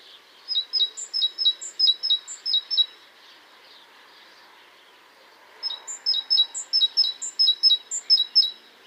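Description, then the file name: Great tit gives repeated ringing two-note phrases in two bursts separated by a quiet gap. "Cinciallegra"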